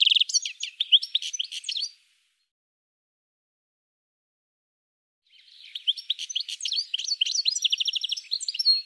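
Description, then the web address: Bird song of dense high chirps, trills and rapid buzzy notes, a two-second burst, then silence, then a longer run of varied twittering phrases. "cianscape birddata"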